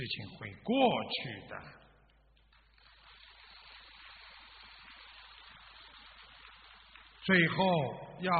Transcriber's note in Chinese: 掌声